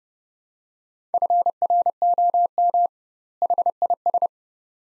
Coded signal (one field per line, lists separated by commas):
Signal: Morse code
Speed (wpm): 30 wpm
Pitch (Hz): 700 Hz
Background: none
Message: FROM HIS